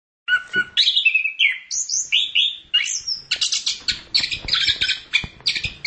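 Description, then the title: Long-tailed shrike singing, opening with slurred whistled phrases that rise and fall, then breaking into fast scratchy chattering notes repeated several times a second. "Audio Cendet Pentet"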